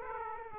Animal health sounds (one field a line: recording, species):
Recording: mosquito wingbeat signal from an infrared sensor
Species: Aedes aegypti